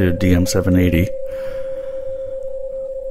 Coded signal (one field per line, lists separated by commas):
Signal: PSK31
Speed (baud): 31.25 baud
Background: speech